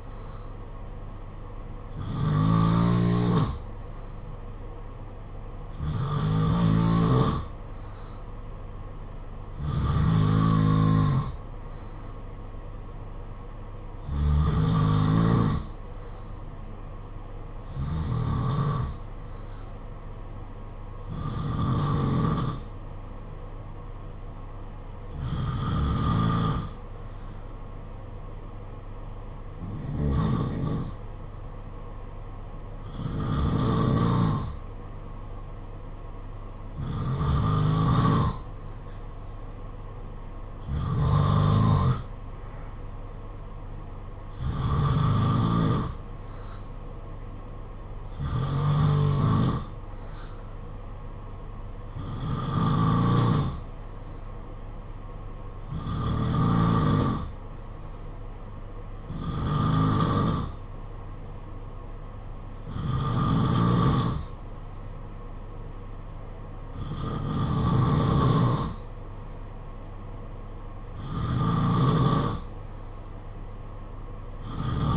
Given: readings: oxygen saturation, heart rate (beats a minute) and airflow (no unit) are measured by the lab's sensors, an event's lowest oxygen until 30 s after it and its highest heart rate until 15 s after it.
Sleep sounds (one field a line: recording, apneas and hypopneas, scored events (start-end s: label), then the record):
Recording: breathing in sleep by a smartphone at the bedside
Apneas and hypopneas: none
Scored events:
none scored
From the record:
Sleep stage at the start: N2 (light sleep)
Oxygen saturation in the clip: 90 to 92%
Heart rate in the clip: 51 to 57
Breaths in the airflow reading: 19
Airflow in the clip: -6.4 to 5.6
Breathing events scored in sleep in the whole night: 476 in 9.7 hours asleep